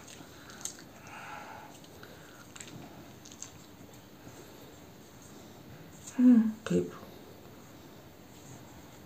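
Someone talks while fumbling with the buckle of a new brown belt, working it against the belt strap. Faint ticks come near 0.7, 2.6 and 3.4 s, with a louder pair of handling rustles around 6.2–6.8 s. Nothing has seated or clicked yet.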